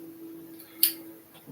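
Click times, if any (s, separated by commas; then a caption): 0.8 s. A plastic brick part that had resisted is reluctantly clipped onto a droid model. Over a steady low hum and a faint tick at 0.6 s, a sharp, bright click sounds at 0.8 s and quickly fades. The part seats and clips on.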